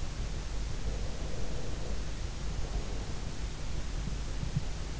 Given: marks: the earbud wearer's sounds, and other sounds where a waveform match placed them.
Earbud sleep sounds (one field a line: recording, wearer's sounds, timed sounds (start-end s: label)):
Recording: sounds in sleep by an in-ear microphone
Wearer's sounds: breath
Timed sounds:
0.68-3.41 s: breath